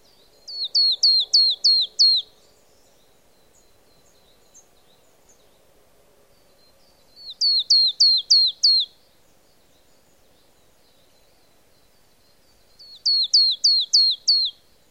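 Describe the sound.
Marsh tit repeating three rapid bursts of about six shrill, down-slurred notes, separated by several seconds of quiet, over faint low background hum.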